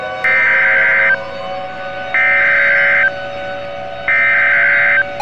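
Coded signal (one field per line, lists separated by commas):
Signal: Emergency Alert System (SAME) tones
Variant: header bursts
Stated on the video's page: Fictional EAS scenario about a Midwest tornado outbreak, using valid EAS tones.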